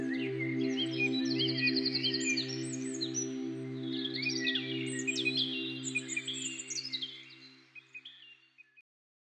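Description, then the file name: Chirping birds in lively twitters and a brief trill over held electronic tones, fading away at the end. Bird chirping used as an alarm tone. "weckton vogelgezwitscher"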